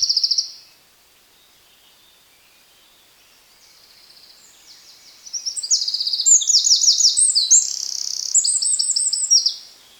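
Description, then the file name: Eurasian wren with a brief high trill, a pause, then a long, loud outpouring of rapid trills and sharp tumbling notes. "Troglodytes troglodytes"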